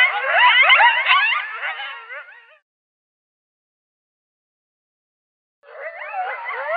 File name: Coyote